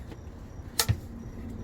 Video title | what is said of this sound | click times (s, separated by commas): Habitat for humanity ReStore Cabinet Build RW-B12 | okay so you hear two clicks because there's two latches | 0.8 s